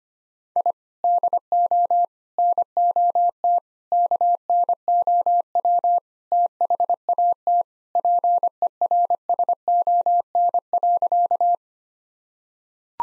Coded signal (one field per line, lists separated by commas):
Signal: Morse code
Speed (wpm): 25 wpm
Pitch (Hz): 700 Hz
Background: none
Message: I DO NOT KNOW THAT PERSON.